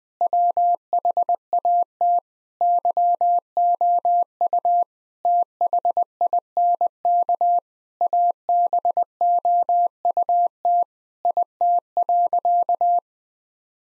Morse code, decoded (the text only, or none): WHAT YOU THINK ABOUT IT.